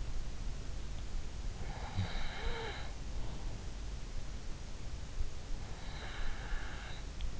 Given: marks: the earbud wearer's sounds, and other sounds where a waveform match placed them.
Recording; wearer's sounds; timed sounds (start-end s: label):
sounds in sleep by an in-ear microphone; breath
1.14-3.54 s: breath
5.35-7.40 s: breath